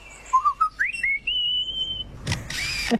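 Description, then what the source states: Lyrebird mimicry: a whistled note sliding up and levelling off, followed by two noisy mechanical bursts like a camera shutter. Male lyrebird in forest imitating a camera shutter, one of many borrowed sounds used while trying to outsing rivals; mimics calls of at least 20 species.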